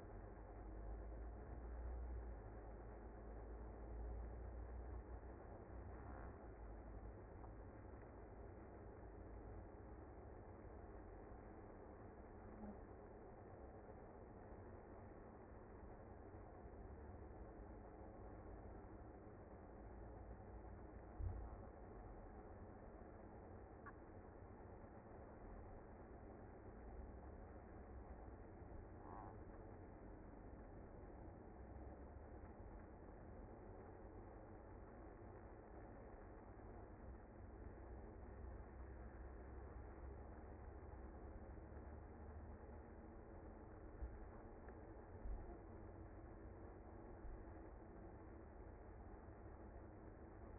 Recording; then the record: honeybee colony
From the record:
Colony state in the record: active